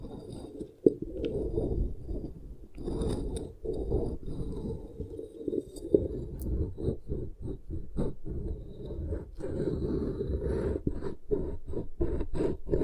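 Beeswax is pressed and worked over the microphone in a thick, muffled rubbing that runs nearly the whole time, low and dense with soft crackles. Short gaps and squishy pulses break it up often, especially after ten seconds, with a few sharp ticks near one and six seconds.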